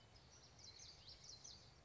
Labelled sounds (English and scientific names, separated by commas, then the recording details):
Common Yellowthroat (Geothlypis trichas)
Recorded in Sonoma County, California